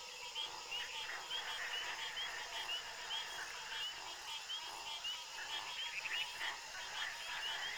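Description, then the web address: Frog chorus of many overlapping short croaks and chirps, a dense steady layer with brief rising whistled notes scattered throughout and no other clear sounds. Night-time frog ambience. "Soulframe Sounds Ambience Frog Loops Frog Loop Night"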